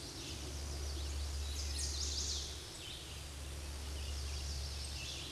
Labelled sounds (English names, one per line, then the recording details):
Chestnut-sided Warbler song
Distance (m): 50 m
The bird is about 5 m above the microphone
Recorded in a Pennsylvania forest on 16 May 2024 at 09:25
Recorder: AudioMoth, point MSD-2349
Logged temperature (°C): 15.8 °C
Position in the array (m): 18 m, 25 m